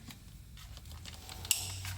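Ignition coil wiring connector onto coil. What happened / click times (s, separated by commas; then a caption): The coil wiring connector clicked home / 1.5 s. An ignition coil wiring connector is pushed onto the third ignition coil of a Toyota Tacoma 4-cylinder 2TR-FE engine during a spark plug change. Faint light rustling and small taps come first, then a sharp click at 1.5 s as the connector snaps on and seats. Someone talks.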